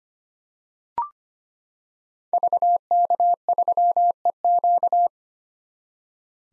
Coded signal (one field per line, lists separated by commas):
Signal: Morse code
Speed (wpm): 25 wpm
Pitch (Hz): 700 Hz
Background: none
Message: VK3EQ